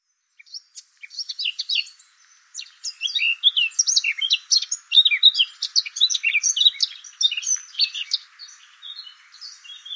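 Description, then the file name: Eurasian blackcap delivering a long, busy warbling song of quick varied notes, sustained for most of ten seconds. "Sylvia atricapilla"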